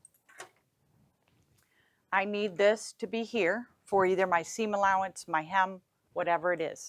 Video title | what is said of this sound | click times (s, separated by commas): Sew Fair 2025 - Baby Lock Serger Feet | locks in place. | 0.0 s